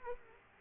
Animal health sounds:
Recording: mosquito wingbeat signal from an infrared sensor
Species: Aedes aegypti

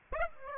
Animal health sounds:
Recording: mosquito wingbeat signal from an infrared sensor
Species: Aedes aegypti

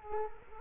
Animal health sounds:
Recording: mosquito wingbeat signal from an infrared sensor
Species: Culex quinquefasciatus

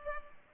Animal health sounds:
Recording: mosquito wingbeat signal from an infrared sensor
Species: Culex pipiens

